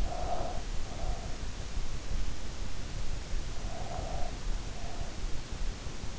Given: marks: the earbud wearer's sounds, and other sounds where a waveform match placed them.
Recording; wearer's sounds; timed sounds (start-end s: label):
sounds in sleep by an in-ear microphone; breath
0.00-1.53 s: breath
3.64-5.33 s: breath